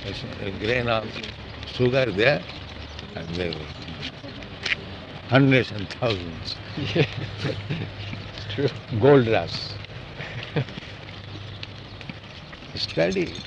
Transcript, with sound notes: a grain of sugar there, and there will be hundreds and thousands. [laughter] Gold rush. Study.